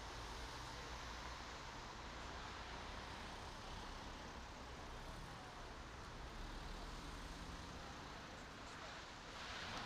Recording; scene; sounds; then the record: everyday scene through a hearing-aid microphone; in traffic; traffic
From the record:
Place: main road on the outskirts, rush hour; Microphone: in the ear canal, right